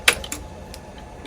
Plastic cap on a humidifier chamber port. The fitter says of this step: right here you're gonna pop off the cap and then